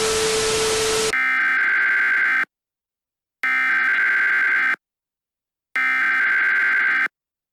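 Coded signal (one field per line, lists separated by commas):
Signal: Emergency Alert System (SAME) tones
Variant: header bursts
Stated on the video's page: Fictional EAS scenario, not a real alert.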